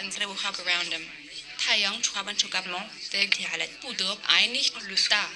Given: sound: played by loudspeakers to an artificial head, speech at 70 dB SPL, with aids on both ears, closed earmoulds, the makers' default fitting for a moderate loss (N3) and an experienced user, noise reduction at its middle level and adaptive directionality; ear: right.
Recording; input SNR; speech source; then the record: speech test signal (ISTS) in cocktail-party noise; +9 dB; in front (0 degrees)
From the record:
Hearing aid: class 1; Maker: B